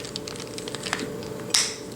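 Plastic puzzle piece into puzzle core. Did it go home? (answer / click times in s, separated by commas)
yes / 1.5 s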